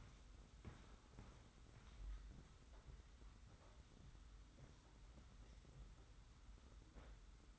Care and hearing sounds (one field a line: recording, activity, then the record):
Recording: daily activity, microphone in the room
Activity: walk to room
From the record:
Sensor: 3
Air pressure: 991.1 hPa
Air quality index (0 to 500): 103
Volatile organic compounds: 39 ppm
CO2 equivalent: 3127 ppm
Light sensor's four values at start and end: 44/123/50/44 and 44/123/50/44